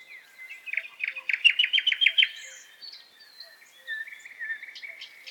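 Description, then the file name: Common nightingale song: a quick, even string of loud repeated notes, followed by softer whistled and chattering phrases. Forest. "Golosa ptic zvuki lesa solovey"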